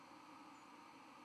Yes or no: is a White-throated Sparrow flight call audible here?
yes